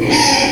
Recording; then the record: squeal of a Yucatan mini pig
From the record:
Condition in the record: before surgery on the right vocal fold (resection and tissue-engineered implant); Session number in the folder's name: 2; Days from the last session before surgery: 0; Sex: male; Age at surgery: 12 weeks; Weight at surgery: 13 kg